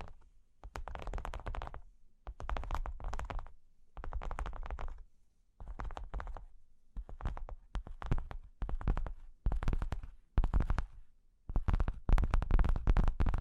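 Scratching and tracing on cork and wood, heard as rough, grainy strokes in bursts of about half a second to a second, separated by short silences. The strokes carry a gritty, papery texture with a low rumble underneath, growing busier and slightly louder toward the end.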